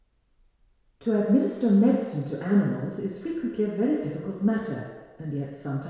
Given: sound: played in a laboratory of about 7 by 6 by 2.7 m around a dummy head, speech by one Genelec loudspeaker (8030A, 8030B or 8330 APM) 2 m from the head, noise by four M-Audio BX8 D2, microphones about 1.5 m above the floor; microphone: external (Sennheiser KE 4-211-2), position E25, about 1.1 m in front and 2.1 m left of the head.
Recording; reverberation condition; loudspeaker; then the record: female speech in English; high; 60 degrees to the left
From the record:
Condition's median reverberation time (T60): about 1300 ms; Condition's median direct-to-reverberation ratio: about -4.0 dB